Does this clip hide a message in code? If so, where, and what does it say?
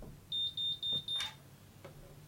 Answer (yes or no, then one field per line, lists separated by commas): no